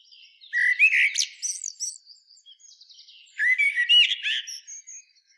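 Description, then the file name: Eurasian blackbird song, two warbling phrases of low flutelike whistles topped with squeaky high flourishes, separated by a soft pause with faint high notes. "Turdus merula"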